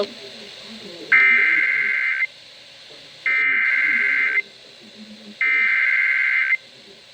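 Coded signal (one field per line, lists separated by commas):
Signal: Emergency Alert System (SAME) tones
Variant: header bursts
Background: speech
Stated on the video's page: Compilation of real EAS alerts received, including severe thunderstorm and flash flood warnings.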